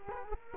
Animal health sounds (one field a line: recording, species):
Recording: mosquito wingbeat signal from an infrared sensor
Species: Culex quinquefasciatus